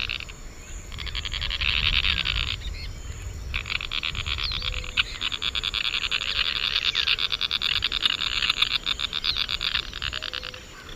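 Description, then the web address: White-bellied spinetail calls: dense, buzzy rattling notes pulsing rapidly in long bouts, over a constant high insect drone. Two birds calling; South America, eastern lowlands. "Natures Songs S America Eastern Lowlands. Synallaxis propinqua, calls 2 birds"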